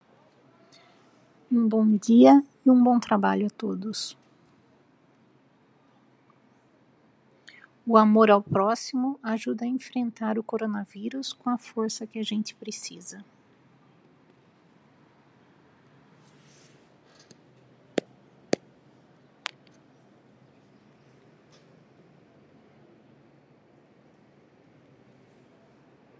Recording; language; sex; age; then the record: spoken sentence; Brazilian Portuguese; female; 50 to 59 years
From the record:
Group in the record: control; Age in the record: 51 years